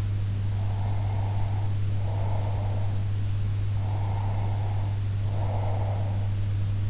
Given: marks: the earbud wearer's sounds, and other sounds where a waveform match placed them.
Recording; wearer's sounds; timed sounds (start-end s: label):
sounds in sleep by an in-ear microphone; breath
0.60-3.03 s: breath
3.74-6.29 s: breath